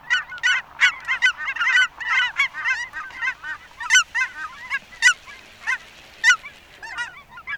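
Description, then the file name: Cackling goose: cackling geese yelping in busy, overlapping high honks at first, thinning to scattered single calls toward the end. "Dvargkanadagas"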